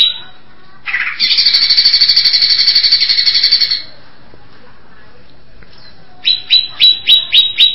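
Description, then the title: Greater Green Leafbird song: a long, harsh, buzzy trill held for about three seconds, then after a pause a run of short, sharp notes repeated quickly. "Cucak ijo"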